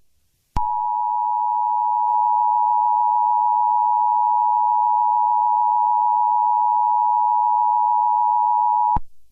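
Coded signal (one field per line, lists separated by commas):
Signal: Emergency Alert System (SAME) tones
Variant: 853 and 960 Hz attention tone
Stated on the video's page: Fictional EAS scenario based on a Roblox game; contains music.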